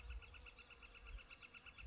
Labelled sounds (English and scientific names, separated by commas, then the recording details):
Northern Flicker (Colaptes auratus)
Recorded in Sonoma County, California